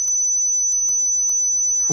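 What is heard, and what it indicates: A steady, continuous high-pitched tone near 6 kHz, a tinnitus simulation played from the Oorcheck app that reproduces the tone a patient hears. Its loudness corresponds to about level 8–9, a level he regularly experiences. The tone goes on continuously, day and night.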